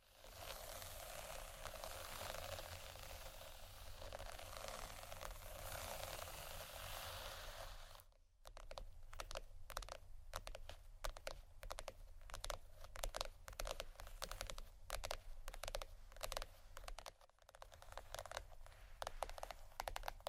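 Soft scratching on cardboard runs as a dense, steady hiss for eight seconds, then breaks into quick, irregular tapping and scratching until the end.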